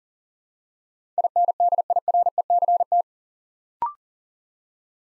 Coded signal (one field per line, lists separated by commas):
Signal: Morse code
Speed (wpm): 39 wpm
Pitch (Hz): 700 Hz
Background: none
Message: INDIRECT